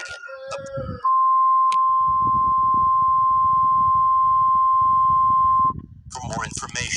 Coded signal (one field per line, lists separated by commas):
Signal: Emergency Alert System (SAME) tones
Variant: 1050 Hz attention tone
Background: speech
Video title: EMERGENCY ALERT SYSTEM